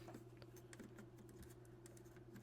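A WiFi replacement circuit board for an Atari SX212 modem is handled and pushed down toward the locating nubs inside the plastic modem case. Light scattered ticks and small scrapes sit over a steady low hum. Nothing has seated or clicked into place yet.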